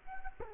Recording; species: mosquito wingbeat signal from an infrared sensor; Culex quinquefasciatus